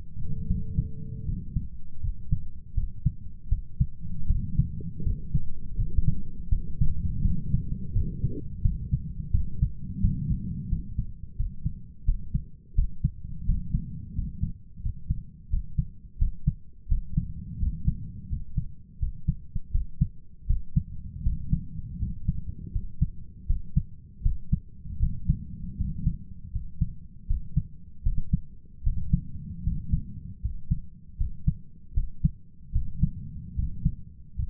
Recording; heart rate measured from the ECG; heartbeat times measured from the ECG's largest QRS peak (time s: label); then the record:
heart sounds by stethoscope; 81 bpm
0.46 s: heartbeat
1.24 s: heartbeat
2.00 s: heartbeat
2.73 s: heartbeat
3.48 s: heartbeat
4.26 s: heartbeat
5.02 s: heartbeat
5.75 s: heartbeat
6.48 s: heartbeat
7.21 s: heartbeat
7.92 s: heartbeat
8.61 s: heartbeat
9.31 s: heartbeat
10.00 s: heartbeat
10.68 s: heartbeat
11.36 s: heartbeat
12.04 s: heartbeat
12.74 s: heartbeat
13.45 s: heartbeat
14.14 s: heartbeat
14.81 s: heartbeat
15.49 s: heartbeat
16.17 s: heartbeat
16.87 s: heartbeat
17.58 s: heartbeat
18.28 s: heartbeat
18.98 s: heartbeat
19.70 s: heartbeat
20.46 s: heartbeat
21.22 s: heartbeat
21.98 s: heartbeat
22.71 s: heartbeat
23.45 s: heartbeat
24.21 s: heartbeat
24.98 s: heartbeat
25.76 s: heartbeat
26.51 s: heartbeat
27.26 s: heartbeat
28.02 s: heartbeat
28.82 s: heartbeat
29.62 s: heartbeat
30.40 s: heartbeat
31.16 s: heartbeat
31.93 s: heartbeat
32.71 s: heartbeat
33.54 s: heartbeat
34.35 s: heartbeat
From the record:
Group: healthy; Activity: rest 0-2 s, cold pressor test 2-35 s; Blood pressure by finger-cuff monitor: 109/70 mmHg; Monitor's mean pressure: 78 mmHg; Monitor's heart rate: 81 bpm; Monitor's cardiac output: 7 L/min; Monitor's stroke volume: 89 mL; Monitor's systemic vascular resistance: 830 dyn s/cm5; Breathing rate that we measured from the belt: 16 breaths a minute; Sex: male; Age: 23 years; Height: 178 cm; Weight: 96.6 kg